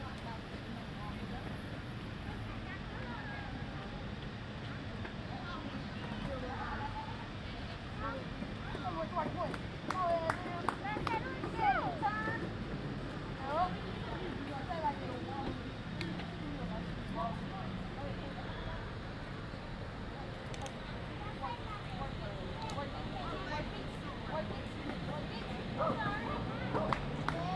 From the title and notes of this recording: Skaters Practicing at Lake Eola Park (Orlando, Florida). I sat under a tree at Lake Eola Park in Orlando, Florida as a group of skaters practiced tricks, people strolled.